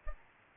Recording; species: mosquito wingbeat signal from an infrared sensor; Aedes albopictus